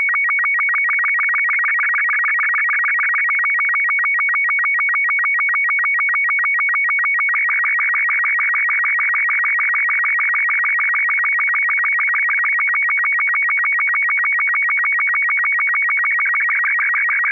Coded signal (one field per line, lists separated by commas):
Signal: SSTV (slow-scan television)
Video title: just learned how to create SSTV signals